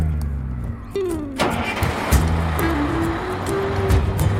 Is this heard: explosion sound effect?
no